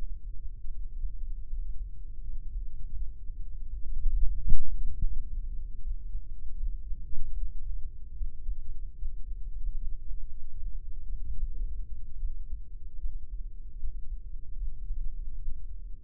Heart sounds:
heart sounds by microphone in the right ear; 78 bpm
0.68 s: heartbeat
1.45 s: heartbeat
2.20 s: heartbeat
2.93 s: heartbeat
3.65 s: heartbeat
4.38 s: heartbeat
5.09 s: heartbeat
5.80 s: heartbeat
6.56 s: heartbeat
7.34 s: heartbeat
8.14 s: heartbeat
8.95 s: heartbeat
9.75 s: heartbeat
10.55 s: heartbeat
11.35 s: heartbeat
12.17 s: heartbeat
12.97 s: heartbeat
13.76 s: heartbeat
14.55 s: heartbeat
15.35 s: heartbeat
From the record:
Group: healthy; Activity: breath hold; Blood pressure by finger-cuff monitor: 87/60 mmHg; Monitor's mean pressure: 69 mmHg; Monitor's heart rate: 77 bpm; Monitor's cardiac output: 5.7 L/min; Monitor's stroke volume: 72 mL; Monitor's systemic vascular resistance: 820 dyn s/cm5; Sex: female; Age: 26 years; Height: 165 cm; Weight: 55 kg

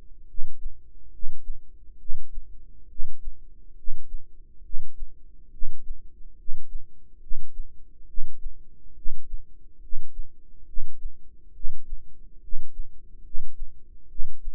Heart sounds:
heart sounds by microphone in the right ear; 70 bpm
0.26 s: heartbeat
1.11 s: heartbeat
1.97 s: heartbeat
2.87 s: heartbeat
3.75 s: heartbeat
4.62 s: heartbeat
5.50 s: heartbeat
6.36 s: heartbeat
7.19 s: heartbeat
8.06 s: heartbeat
8.94 s: heartbeat
9.80 s: heartbeat
10.65 s: heartbeat
11.52 s: heartbeat
12.40 s: heartbeat
13.22 s: heartbeat
14.07 s: heartbeat
From the record:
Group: healthy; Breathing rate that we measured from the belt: 20 breaths a minute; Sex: male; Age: 35 years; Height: 180 cm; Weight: 86.9 kg

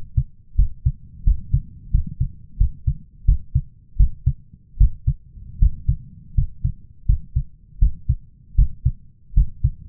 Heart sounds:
heart sounds by stethoscope; 82 bpm
0.56 s: heartbeat
1.24 s: heartbeat
1.91 s: heartbeat
2.57 s: heartbeat
3.25 s: heartbeat
3.97 s: heartbeat
4.77 s: heartbeat
5.59 s: heartbeat
6.35 s: heartbeat
7.06 s: heartbeat
7.79 s: heartbeat
8.55 s: heartbeat
9.34 s: heartbeat
From the record:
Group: healthy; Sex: male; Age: 23 years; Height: 179 cm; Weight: 87 kg

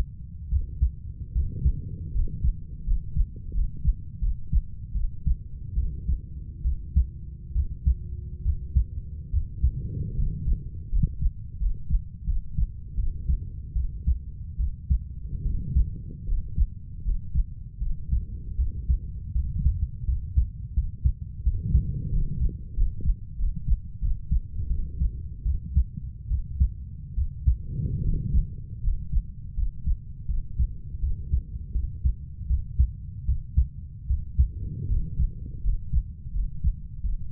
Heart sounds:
heart sounds by stethoscope; 79 bpm
0.49 s: heartbeat
1.33 s: heartbeat
2.12 s: heartbeat
2.84 s: heartbeat
3.52 s: heartbeat
4.19 s: heartbeat
4.93 s: heartbeat
5.74 s: heartbeat
6.62 s: heartbeat
7.53 s: heartbeat
8.43 s: heartbeat
9.30 s: heartbeat
10.15 s: heartbeat
10.90 s: heartbeat
11.58 s: heartbeat
12.25 s: heartbeat
12.95 s: heartbeat
13.73 s: heartbeat
14.57 s: heartbeat
15.43 s: heartbeat
16.25 s: heartbeat
17.03 s: heartbeat
17.78 s: heartbeat
18.56 s: heartbeat
19.32 s: heartbeat
20.05 s: heartbeat
20.74 s: heartbeat
21.43 s: heartbeat
22.10 s: heartbeat
22.74 s: heartbeat
23.36 s: heartbeat
23.99 s: heartbeat
24.68 s: heartbeat
25.43 s: heartbeat
26.28 s: heartbeat
27.14 s: heartbeat
28.01 s: heartbeat
28.81 s: heartbeat
29.54 s: heartbeat
30.26 s: heartbeat
30.99 s: heartbeat
31.72 s: heartbeat
32.47 s: heartbeat
33.25 s: heartbeat
34.07 s: heartbeat
34.87 s: heartbeat
35.61 s: heartbeat
36.32 s: heartbeat
37.01 s: heartbeat
From the record:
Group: healthy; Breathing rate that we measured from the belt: 9 breaths a minute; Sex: female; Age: 32 years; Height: 168 cm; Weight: 61.9 kg

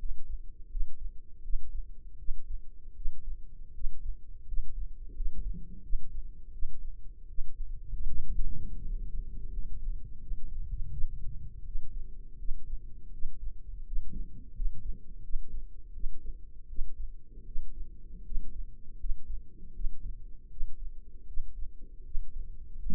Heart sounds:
heart sounds by microphone in the left ear; 81 bpm
0.68 s: heartbeat
1.41 s: heartbeat
2.16 s: heartbeat
2.93 s: heartbeat
3.72 s: heartbeat
4.44 s: heartbeat
5.13 s: heartbeat
5.81 s: heartbeat
6.51 s: heartbeat
7.27 s: heartbeat
8.05 s: heartbeat
8.80 s: heartbeat
9.50 s: heartbeat
10.19 s: heartbeat
10.89 s: heartbeat
11.63 s: heartbeat
12.36 s: heartbeat
13.10 s: heartbeat
13.83 s: heartbeat
14.52 s: heartbeat
15.21 s: heartbeat
15.91 s: heartbeat
16.66 s: heartbeat
17.44 s: heartbeat
18.22 s: heartbeat
18.96 s: heartbeat
19.72 s: heartbeat
20.48 s: heartbeat
21.25 s: heartbeat
22.02 s: heartbeat
22.76 s: heartbeat
From the record:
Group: healthy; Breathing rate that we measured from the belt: 13 breaths a minute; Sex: male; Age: 21 years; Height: 180 cm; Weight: 67.5 kg

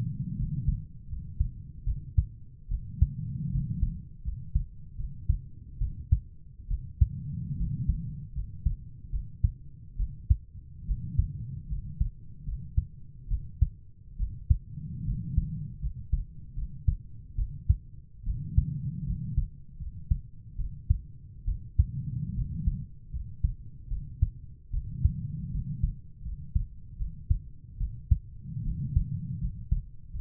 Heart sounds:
heart sounds by stethoscope; 75 bpm
0.37 s: heartbeat
1.09 s: heartbeat
1.86 s: heartbeat
2.70 s: heartbeat
3.51 s: heartbeat
4.24 s: heartbeat
4.97 s: heartbeat
5.80 s: heartbeat
6.69 s: heartbeat
7.57 s: heartbeat
8.34 s: heartbeat
9.11 s: heartbeat
9.98 s: heartbeat
10.87 s: heartbeat
11.69 s: heartbeat
12.45 s: heartbeat
13.29 s: heartbeat
14.18 s: heartbeat
15.05 s: heartbeat
15.81 s: heartbeat
16.55 s: heartbeat
17.37 s: heartbeat
18.25 s: heartbeat
19.06 s: heartbeat
19.79 s: heartbeat
20.57 s: heartbeat
21.46 s: heartbeat
22.35 s: heartbeat
23.12 s: heartbeat
23.90 s: heartbeat
24.72 s: heartbeat
25.52 s: heartbeat
26.24 s: heartbeat
26.98 s: heartbeat
27.79 s: heartbeat
28.64 s: heartbeat
29.40 s: heartbeat
30.12 s: heartbeat
From the record:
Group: healthy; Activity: rest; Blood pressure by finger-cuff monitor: 131/66 mmHg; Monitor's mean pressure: 84 mmHg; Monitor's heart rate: 74 bpm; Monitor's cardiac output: 7.1 L/min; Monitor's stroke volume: 95 mL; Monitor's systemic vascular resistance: 850 dyn s/cm5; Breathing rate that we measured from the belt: 16 breaths a minute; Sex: female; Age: 22 years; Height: 160 cm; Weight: 63 kg

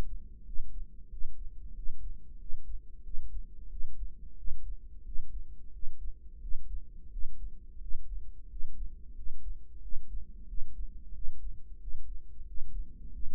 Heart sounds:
heart sounds by microphone in the right ear; 90 bpm
0.46 s: heartbeat
1.11 s: heartbeat
1.76 s: heartbeat
2.40 s: heartbeat
3.05 s: heartbeat
3.71 s: heartbeat
4.38 s: heartbeat
5.06 s: heartbeat
5.74 s: heartbeat
6.42 s: heartbeat
7.12 s: heartbeat
7.81 s: heartbeat
8.51 s: heartbeat
9.16 s: heartbeat
9.82 s: heartbeat
10.48 s: heartbeat
11.15 s: heartbeat
11.81 s: heartbeat
12.47 s: heartbeat
13.13 s: heartbeat
From the record:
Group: healthy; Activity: rest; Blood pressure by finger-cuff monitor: 137/85 mmHg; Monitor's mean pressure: 103 mmHg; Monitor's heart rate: 91 bpm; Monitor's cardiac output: 7.4 L/min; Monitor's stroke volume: 82 mL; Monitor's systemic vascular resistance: 1030 dyn s/cm5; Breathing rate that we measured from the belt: 17 breaths a minute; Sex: male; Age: 21 years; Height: 175 cm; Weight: 72.6 kg

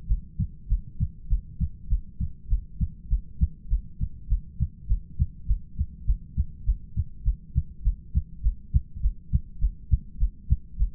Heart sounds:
heart sounds by stethoscope; 101 bpm
0.07 s: heartbeat
0.67 s: heartbeat
1.28 s: heartbeat
1.88 s: heartbeat
2.48 s: heartbeat
3.08 s: heartbeat
3.68 s: heartbeat
4.27 s: heartbeat
4.87 s: heartbeat
5.46 s: heartbeat
6.05 s: heartbeat
6.64 s: heartbeat
7.23 s: heartbeat
7.82 s: heartbeat
8.41 s: heartbeat
9.00 s: heartbeat
9.59 s: heartbeat
10.18 s: heartbeat
10.77 s: heartbeat
From the record:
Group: heart failure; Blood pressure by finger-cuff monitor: 68/50 mmHg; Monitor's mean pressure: 55 mmHg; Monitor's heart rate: 101 bpm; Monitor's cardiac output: 7.1 L/min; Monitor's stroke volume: 71 mL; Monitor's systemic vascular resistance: 540 dyn s/cm5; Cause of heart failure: ischemic heart disease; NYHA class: 1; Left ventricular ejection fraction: 38%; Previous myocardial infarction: absent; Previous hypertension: absent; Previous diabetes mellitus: present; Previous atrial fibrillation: absent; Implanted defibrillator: absent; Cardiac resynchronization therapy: absent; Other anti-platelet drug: absent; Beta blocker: bisoprolol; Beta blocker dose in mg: 15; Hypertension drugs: sacubitril-valsartan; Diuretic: furosemide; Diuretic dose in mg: 20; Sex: male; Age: 33 years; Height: 172 cm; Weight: 78.5 kg

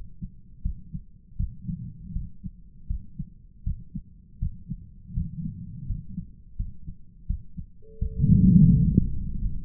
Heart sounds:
heart sounds by stethoscope; 82 bpm
0.62 s: heartbeat
1.36 s: heartbeat
2.12 s: heartbeat
2.87 s: heartbeat
3.63 s: heartbeat
4.39 s: heartbeat
5.13 s: heartbeat
5.86 s: heartbeat
6.56 s: heartbeat
7.26 s: heartbeat
7.98 s: heartbeat
8.73 s: heartbeat
9.40 s: heartbeat
From the record:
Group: healthy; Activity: rest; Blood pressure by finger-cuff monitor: 102/73 mmHg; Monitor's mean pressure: 84 mmHg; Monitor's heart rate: 82 bpm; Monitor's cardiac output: 7.4 L/min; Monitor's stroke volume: 89 mL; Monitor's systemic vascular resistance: 820 dyn s/cm5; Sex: male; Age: 57 years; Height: 188 cm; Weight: 106 kg

